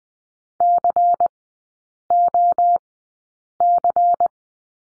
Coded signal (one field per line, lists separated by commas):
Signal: Morse code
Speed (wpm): 20 wpm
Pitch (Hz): 700 Hz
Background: none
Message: COC